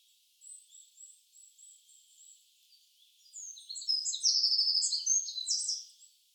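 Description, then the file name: Eurasian wren singing: faint high notes repeated at first, then a loud, fast, tumbling series of shrill trills and rattles building over the last three seconds. "Troglodytes troglodytes"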